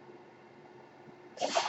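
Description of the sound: A faint low background hum is followed by a sudden, loud burst of airy hissing near the end, lasting about a third of a second. This is the breath cycle of a home mechanical ventilator, an ordinary working noise of the device.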